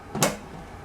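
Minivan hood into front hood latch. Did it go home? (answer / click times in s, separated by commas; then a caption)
yes / 0.1 s, 0.2 s. Someone presses firmly down on the front of the metal hood of a 2001–2007 Dodge Grand Caravan or Chrysler Town & Country minivan after lowering it onto the safety catch. A softer thump is followed by a sharp, louder click, both at about 0.2 s, as the hood latch clicks shut and the hood is seated in the front hood latch.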